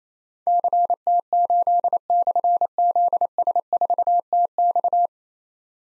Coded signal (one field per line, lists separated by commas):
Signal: Morse code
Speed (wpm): 27 wpm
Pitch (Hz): 700 Hz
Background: none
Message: CT8/ZS4TX